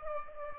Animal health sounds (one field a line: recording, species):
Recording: mosquito wingbeat signal from an infrared sensor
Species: Aedes aegypti